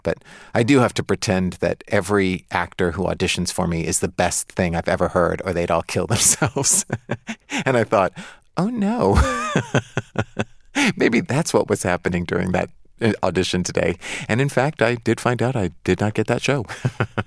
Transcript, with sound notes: But I do have to pretend that every actor who auditions for me is the best thing I've ever heard, or they'd all kill themselves (laughter). And I thought, oh, no (laughter). Maybe that's what was happening during that audition today. And, in fact, I did find out I did not get that show.